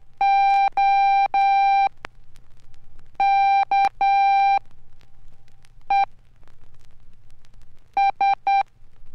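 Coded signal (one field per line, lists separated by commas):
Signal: Morse code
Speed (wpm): 10 wpm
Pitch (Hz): 790 Hz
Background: none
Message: OKES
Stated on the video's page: Morse code training lessons from a 1969 Archer/Tandy Radio Shack instructional record.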